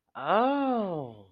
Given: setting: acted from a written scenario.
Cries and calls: vocal sound without words; realization

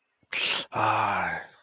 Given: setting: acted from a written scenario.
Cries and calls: vocal sound without words; sympathy

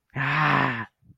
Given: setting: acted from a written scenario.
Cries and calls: vocal sound without words; anger

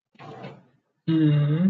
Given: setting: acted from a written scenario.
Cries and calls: vocal sound without words; fear

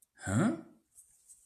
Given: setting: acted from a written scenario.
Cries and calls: vocal sound without words; confusion

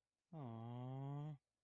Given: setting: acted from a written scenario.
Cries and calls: vocal sound without words; sympathy

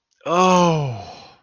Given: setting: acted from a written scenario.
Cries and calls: vocal sound without words; elation

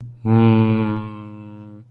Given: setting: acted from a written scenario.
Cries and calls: vocal sound without words; serenity

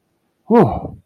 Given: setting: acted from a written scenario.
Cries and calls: vocal sound without words; negative surprise

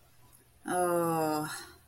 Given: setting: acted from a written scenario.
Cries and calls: vocal sound without words; guilt

